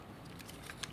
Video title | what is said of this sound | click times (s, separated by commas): Unique Toys M02 Ghaz'ranka - Masterpiece Combaticon Swindle - Preview | the matches have on the arms and they will sit and lock on | 0.8 s